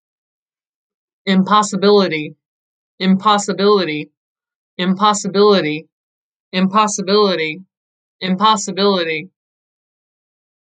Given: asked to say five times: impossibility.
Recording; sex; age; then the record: repeated word; female; 30 to 39 years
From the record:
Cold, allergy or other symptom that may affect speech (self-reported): no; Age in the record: 37 years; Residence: Wisconsin, United States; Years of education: 14